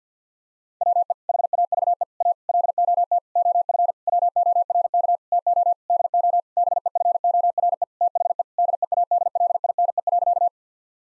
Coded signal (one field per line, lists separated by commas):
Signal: Morse code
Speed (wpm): 50 wpm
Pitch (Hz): 700 Hz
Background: none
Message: WE HAVE A LOT OF WORK TO DO BEFORE THE DEADLINE.